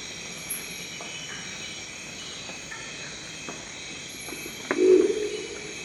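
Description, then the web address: Crested owl call: one short, low, buzzy grunt near the end, over steady insect-like hiss and background noise. "Crested owl. صدای-جغد-کاکلی"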